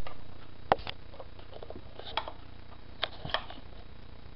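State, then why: Not seated. A tension dial is handled with thumb pressure on the base of a Studio 150 knitting machine carriage, making a few short, sharp ticks and taps at about 0.7, 0.9, 2.2, 3.0 and 3.3 seconds over a quiet background. Nothing has seated or clicked into place yet; the clip ends just before the dial pops into position.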